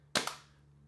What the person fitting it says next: Good. Solid click on there.